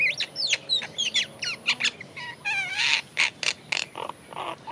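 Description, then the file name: Great myna: quick slurred whistles and clicks at first, then a buzzy trilled note and several short harsh squawks. "Acridotheres grandis"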